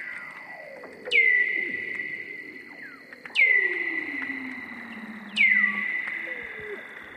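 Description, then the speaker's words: Weddell seal underwater song: three loud calls about two seconds apart, each a steep drop into a long steady tone, with slow falling low glides and faint clicks between. Weddell seals recorded underwater by hydrophone through a hole in the sea ice near Scott Base, Ross Island, Antarctica; space-like, bird-call and jungle-like song, with background clicks and crackling probably from snapping shrimps. "Wow, I have been sitting here completely mesmerised by the Weddell Seal Symphony. All of those sounds, the space sounds, those bird calls, jungle sounds, everything is seal song."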